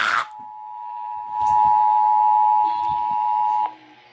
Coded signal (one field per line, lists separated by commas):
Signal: Emergency Alert System (SAME) tones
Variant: 853 and 960 Hz attention tone